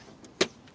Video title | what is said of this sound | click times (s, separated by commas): This 1983 Honda Motocompo Is The Coolest Scooter Of All Time And We Bought One! | locks in place | 0.4 s